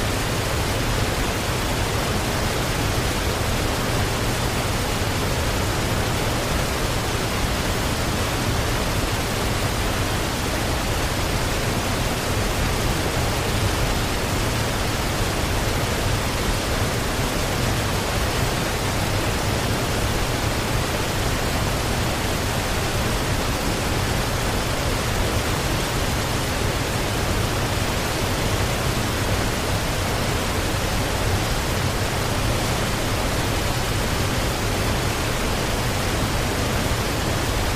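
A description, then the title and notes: A waterfall pours in a continuous, dense rush that holds an even level for the whole stretch, with no breaks or distinct events. The roar fills everything from a deep low rumble up to a bright hiss, sounding unvarying. Hawaii Waterfall Sounds White Noise.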